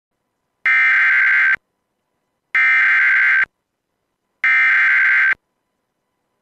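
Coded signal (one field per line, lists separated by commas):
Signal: Emergency Alert System (SAME) tones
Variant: header bursts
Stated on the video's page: Fictional scenario about an Idaho supervolcano eruption, made with valid EAS tones.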